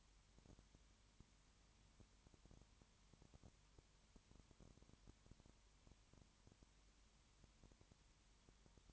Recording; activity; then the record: daily activity, microphone in the room; no activity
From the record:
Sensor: 3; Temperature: 21.1 degrees Celsius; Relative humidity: 37.0%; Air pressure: 1010.6 hPa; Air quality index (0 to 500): 204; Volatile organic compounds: 31 ppm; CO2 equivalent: 2977 ppm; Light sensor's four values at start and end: 2/3/2/2 and 2/3/2/2